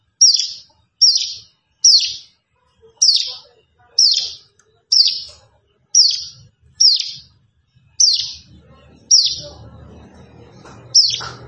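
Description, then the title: Plain prinia song: loud, high, down-slurred chirps repeated in a steady series, with low rumbling noise building near the end. "Ciblek Sawah"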